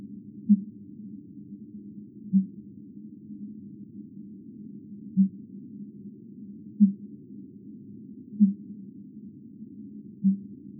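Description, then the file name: Fin whale pulses: six brief, low, thumping calls spaced a couple of seconds apart over a steady low hum. Extract 1, sped up ten times. "RORQUAL COMMUN extrait 1 accelere 10 fois"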